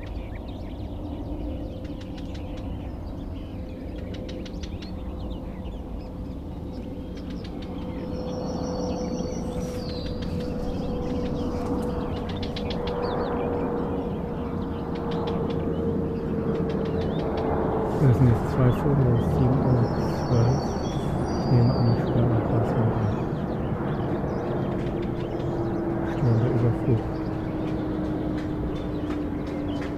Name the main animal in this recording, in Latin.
Sylvia nisoria